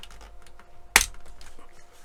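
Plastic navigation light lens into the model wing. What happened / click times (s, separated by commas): The clear plastic lens snapped into place / 1.0 s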